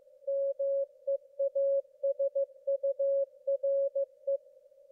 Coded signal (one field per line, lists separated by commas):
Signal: Morse code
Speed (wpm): 15 wpm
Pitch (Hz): 550 Hz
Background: none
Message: MEASURE